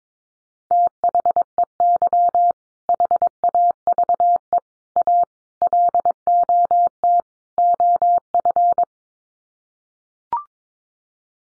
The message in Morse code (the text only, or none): THEY HAVE A LOT OF